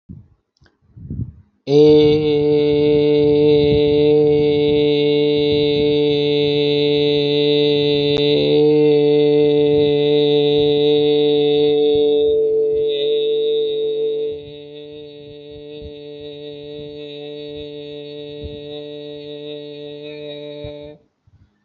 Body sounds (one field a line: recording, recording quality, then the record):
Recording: sustained vowel as in made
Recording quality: excellent, no background noise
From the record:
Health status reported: healthy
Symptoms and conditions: none ticked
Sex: male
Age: 32 years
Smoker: not ticked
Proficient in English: yes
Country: India